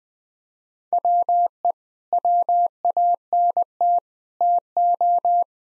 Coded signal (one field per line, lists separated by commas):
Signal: Morse code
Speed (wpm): 20 wpm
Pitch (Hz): 700 Hz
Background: none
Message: WE WANT TO